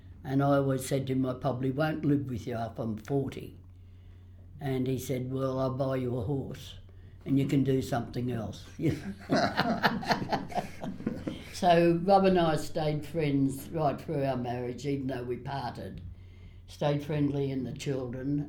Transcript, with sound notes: I always said ‘I probably won’t live with you after I’m forty’ and he said ‘well, I’ll buy you a horse and you can do something else.’ [Laughs] So Rob and I stayed friends right through our marriage, even though we parted, stayed friendly with the children.